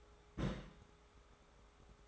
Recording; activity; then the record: daily activity, microphone in the room; place on stove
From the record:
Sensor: 3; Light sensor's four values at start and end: 50/122/54/60 and 49/122/54/60